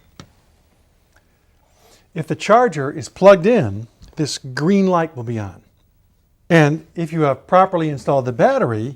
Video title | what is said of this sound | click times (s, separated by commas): How to use Invacare Reliant 350 Stand Up Patient Lift with Manual Low Base? - Get 10% Off* | the drained battery on the battery charger the same way to slide it down and push it away until you hear it click | 0.2 s